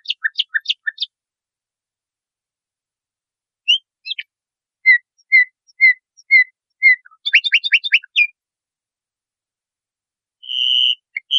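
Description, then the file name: Nightingale song: scattered sharp notes and spaced whistled notes, then a quick burst of notes and a final held whistle, with silent gaps between phrases. Masteran training song for teaching cage birds. "suara masteran nightingale"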